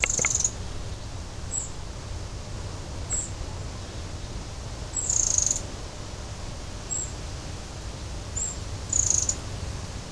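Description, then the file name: Eurasian wren calls: three buzzy high bursts spread throughout, with short thin chips scattered between them, over a faint low rumble. "Troglodytes troglodytes"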